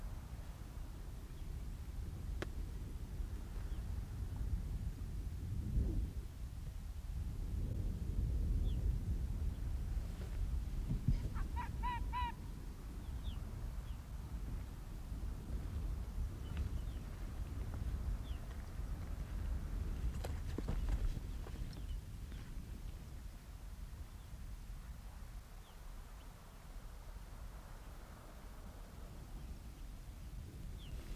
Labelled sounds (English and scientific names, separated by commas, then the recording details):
Arctic Fox (Vulpes lagopus)
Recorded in the wild
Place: Insel Mednyi, Kommandeur-Inseln, RU
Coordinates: 54.5167, 168.083
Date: 1999-06-25 18:43
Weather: kaum Nebel, 5,5°C
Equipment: Sony WM-D6C, Sennheiser MKH 70, Windkorb, Kopie Tascam DA 30
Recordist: Frommolt, Karl-Heinz